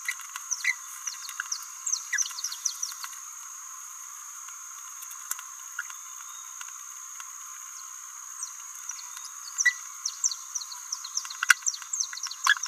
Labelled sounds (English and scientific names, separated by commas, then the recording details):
Green-rumped Parrotlet (Forpus passerinus) babbling
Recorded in a nest box in Venezuela
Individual 18B17A4